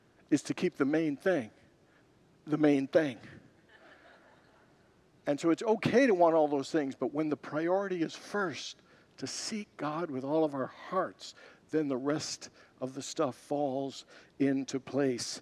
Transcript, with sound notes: is to keep the main thing the main thing.” [Congregants laugh] And so, it’s okay to want all those things. But when the priority is first to seek God with all of our hearts, then the rest of the stuff falls into place.